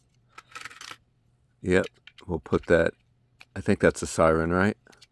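A plastic siren piece is handled over the roof of a 1:18 scale Ecto-1 Ghostbusters toy car, with light plastic clicks and rattles between about 0.4 and 0.9 s and a faint tap near 4.9 s while someone talks. The siren has not yet snapped into place; nothing has seated or clicked yet.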